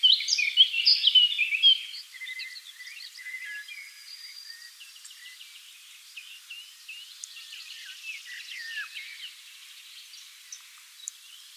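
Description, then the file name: Eurasian blackcap giving a rapid, varied burst of high warbled and whistled notes for about two seconds, then fainter scattered chattering notes continue. "Sylvia atricapilla"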